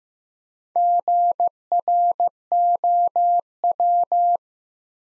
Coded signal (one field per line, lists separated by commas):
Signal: Morse code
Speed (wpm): 15 wpm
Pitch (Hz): 700 Hz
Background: none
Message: GROW